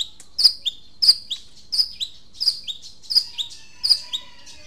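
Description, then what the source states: Long-tailed shrike singing a two-part, down-slurred note that repeats about every two-thirds of a second. Long-tailed shrike, known locally as cendet, singing in the song style called "super tembak".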